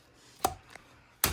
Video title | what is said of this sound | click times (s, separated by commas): The Most Underrated Wagon Stroller? Momfann Review + Assembly 🤔 | You hear a click too. Watch. | 1.2 s